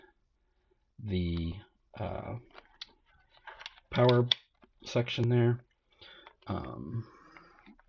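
Someone talks while handling the plastic clips that fit around the power section of a headset strap, with a few faint, sharp clicks and taps between the phrases. The clips are about to be pressed in, but nothing has seated or clicked into place yet.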